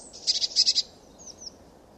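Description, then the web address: Eurasian blue tit making two quick buzzy churr bursts, followed by two faint, thin, high slurred notes. "cianscape. Deverinetal"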